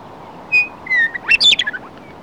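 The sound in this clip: Western meadowlark singing one phrase that opens with two pure whistles and breaks into a quick, bubbling jumble of flutelike notes.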